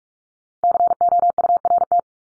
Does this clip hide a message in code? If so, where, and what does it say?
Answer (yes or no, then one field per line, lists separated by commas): yes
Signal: Morse code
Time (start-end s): 0.6-2.0 s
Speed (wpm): 44 wpm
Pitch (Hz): 700 Hz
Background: none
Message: COURT